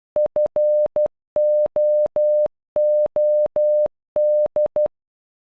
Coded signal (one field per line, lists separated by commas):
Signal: Morse code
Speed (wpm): 12 wpm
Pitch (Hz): 600 Hz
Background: none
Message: FOOD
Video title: Food in Morse code